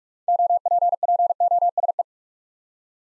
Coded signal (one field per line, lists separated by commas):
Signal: Morse code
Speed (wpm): 44 wpm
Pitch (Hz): 700 Hz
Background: none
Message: OPPOSE